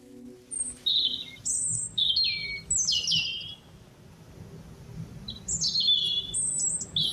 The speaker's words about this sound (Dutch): Vannacht werd ik uit mijn slaap gehouden door een prachtig en luid vogelzang tussen 3:30 en 4:00 in de bossage van de vijver Emiklaar, Amersfoort.